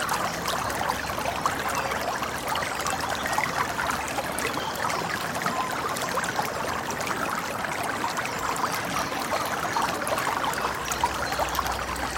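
A babbling brook runs steadily for the whole clip, a dense, even stream of splashing and gurgling with no pauses. Countless tiny droplet sounds sparkle through a full, mid-pitched rush, close by and unchanging in loudness.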